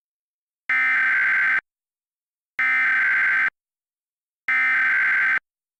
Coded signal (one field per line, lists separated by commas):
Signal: Emergency Alert System (SAME) tones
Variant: header bursts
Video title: EAS Filler: I'm Sorry... What?!